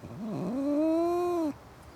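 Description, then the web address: Cat giving one drawn-out meow that starts with a short wobble, then holds a steady, slightly rising tone before dropping at the end. Cats in a suburban garden. "Cats In A Suburban Garden. The BBC Sound Effects Library"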